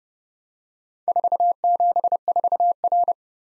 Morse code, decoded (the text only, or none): 474R